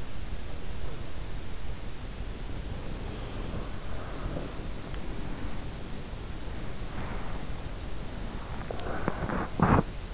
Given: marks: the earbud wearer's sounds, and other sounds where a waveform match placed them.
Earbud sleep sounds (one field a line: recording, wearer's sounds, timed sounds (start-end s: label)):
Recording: sounds in sleep by an in-ear microphone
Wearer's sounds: body movement, breath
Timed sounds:
0.00-10.13 s: body movement
2.64-5.86 s: breath
6.21-9.42 s: breath